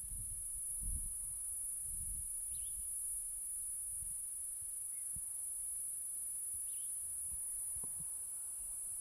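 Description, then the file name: Cicada song: a steady, unbroken high buzz held throughout, over low wind rumble, with a couple of faint bird chirps. Recorded near Hankey, South Africa, on 17 January 2008. "P catenata nr Hankey ( 17 th Jan 2008"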